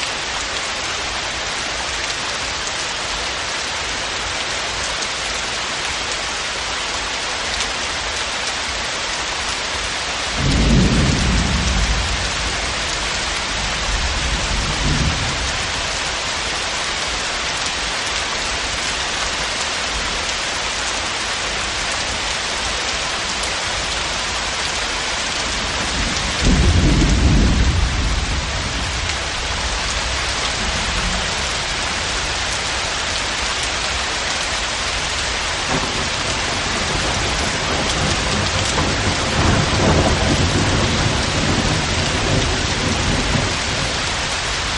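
Steady, dense rain hisses throughout, bright and even. Low, distant rumbles of thunder roll in around 10–16 seconds, again near 26–30 seconds, and more faintly after 36 seconds, each swelling softly beneath the constant downpour.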